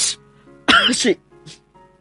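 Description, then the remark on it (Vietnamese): Two sneezes from someone with the flu: a loud, breathy, voiced burst followed by a much fainter, shorter one, with a brief hiss just before them and quiet between. “Hai cái tiếng hắt hơi cuối cùng nghe ngàn phát ra,”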